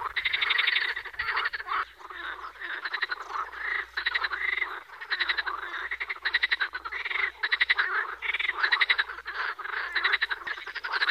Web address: Fotoim Hangok Pelophylax kl esculentus